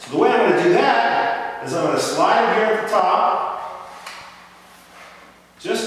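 A man talks while sliding a battery's clip along the top of a control box until it rests in the receptacle, making a brief sliding sound at 4.1 s. The battery has not yet been pushed down to snap home, so nothing has clicked or seated yet.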